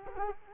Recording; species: mosquito wingbeat signal from an infrared sensor; Culex quinquefasciatus